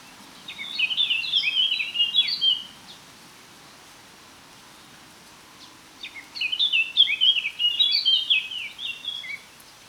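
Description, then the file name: Eurasian blackcap song: two bright, warbled phrases of tumbling notes, separated by a few seconds of quiet. "Sylvia atricapilla"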